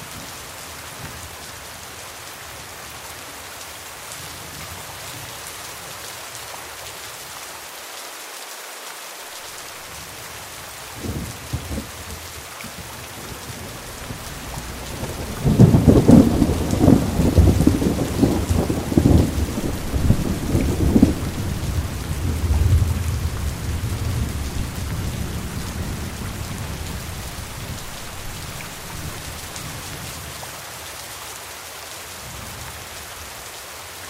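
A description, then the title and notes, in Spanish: Rain falls steadily on a roof, a soft even hiss through the whole clip. Around eleven seconds a faint rumble stirs, then at about fifteen seconds thunder breaks in, loud and low, rolling on for ten seconds before fading back under the rain. Sonidos de lluvia y truenos en el techo durante la noche.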